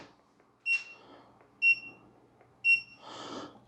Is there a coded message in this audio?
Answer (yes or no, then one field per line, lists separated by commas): no